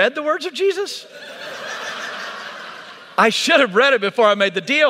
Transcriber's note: laughter